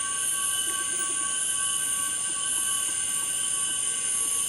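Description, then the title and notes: Cicadas in a continuous droning chorus, several steady high buzzing tones holding unbroken through the whole stretch with no pauses. Recorded at dusk by the Ventuari river. "watunna cicadas dusk ventuari"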